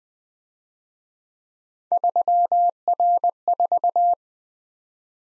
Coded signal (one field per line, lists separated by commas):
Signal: Morse code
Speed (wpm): 20 wpm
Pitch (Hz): 700 Hz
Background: none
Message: 3R4